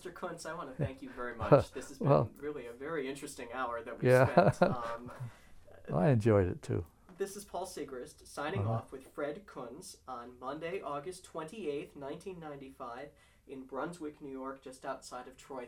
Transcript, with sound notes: Kunz, I want to thank you very much. This has been really a very interesting hour that we've spent. (he laughs)
Well, I enjoyed it, too.
This is Paul Sigrist signing off with Fred Kunz on Monday, August 28th, 1995, in Brunswick, New York, just outside of Troy.